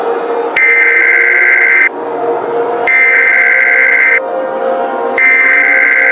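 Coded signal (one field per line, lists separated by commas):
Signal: Emergency Alert System (SAME) tones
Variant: header bursts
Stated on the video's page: Simulated EAS alert of a nuclear power plant explosion, possibly with valid tones.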